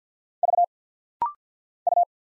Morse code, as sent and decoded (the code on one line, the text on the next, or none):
...- / ..-
V U